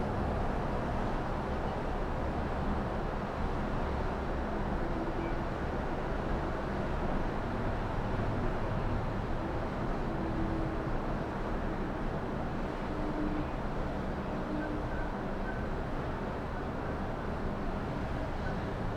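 Melbourne's Docklands in the early evening from the 29th floor: a steady, dense wash of low traffic rumble, unchanging throughout.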